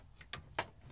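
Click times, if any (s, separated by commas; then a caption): 0.3 s, 0.6 s. After the condensing unit of a Samsung DV22N6800HW heat pump dryer is cleaned and locked back in, its cover is pushed closed into the dryer. A faint tick at 0.2 s is followed by two sharp clicks at 0.3 s and 0.6 s, the second the loudest. The cover is seated and the dryer is good to go.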